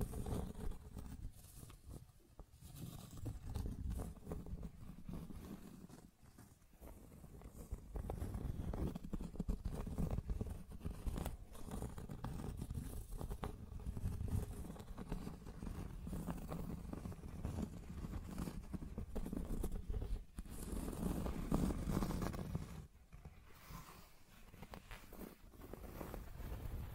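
Continuous scratching and tracing with a rough low rumble, dense irregular strokes throughout, briefly quieter near six seconds and brightening around twenty-two.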